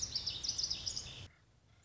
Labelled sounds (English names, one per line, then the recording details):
Lazuli Bunting
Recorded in Sonoma County, California